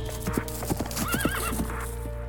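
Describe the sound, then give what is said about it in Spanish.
The hooves of a soldier's horse clip-clop in a steady, quick rhythm of sharp knocks as the rider arrives at a house, with a brief wavering whinny rising partway through over a low constant rumble. “Uno de los soldados a caballo llegó entonces a la casa para advertirnos que nos fuéramos.”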